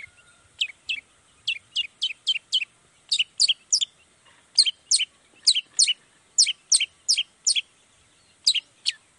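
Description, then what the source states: Long-tailed shrike song: many sharp downslurred notes in short irregular groups, over a faint high hiss. Cendet in full 'gacor' song in the morning, 'toet toet' sound variation; played once to make other shrikes respond quickly and agitatedly.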